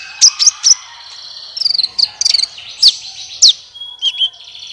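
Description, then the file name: Van Hasselt's Sunbird twittering: high chips and short runs of quick ticks, then a few sharp downslurred notes. "suara kolibri ninja"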